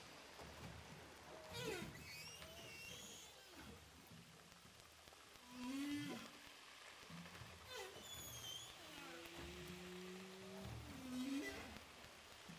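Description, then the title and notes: Humpback whale sounds: short rising squeals, a few brief tonal moans and scattered clicks, fairly quiet under a constant underwater hiss. Humpback whales recorded with a DPA hydrophone offshore from Saint-Paul, Réunion. "Baleines à bosse enregistrées à l'hydrophone DPA au large de saint Paul de la réunion"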